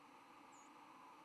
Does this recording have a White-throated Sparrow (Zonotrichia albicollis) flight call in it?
yes